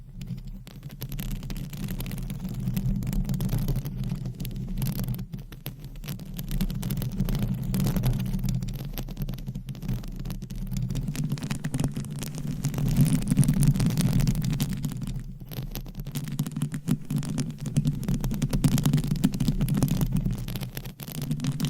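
Fingers scratch and tap on a microphone in a dense, continuous rustle of quick, crackly strokes over a heavy low rumble. The sound swells and eases in waves, loudest around 8 and 13 seconds, with a brief drop near 15 seconds.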